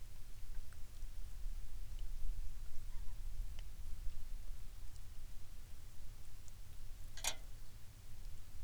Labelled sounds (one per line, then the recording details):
rain
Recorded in the Prudhoe Bay oil fields, Alaska, on 11 May 2019 at 16:57
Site 21